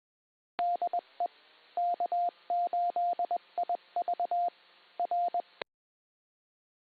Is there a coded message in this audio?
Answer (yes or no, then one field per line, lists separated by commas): yes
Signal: Morse code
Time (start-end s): 0.6-5.4 s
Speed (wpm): 21 wpm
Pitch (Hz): 700 Hz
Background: radio noise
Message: DE K8IV R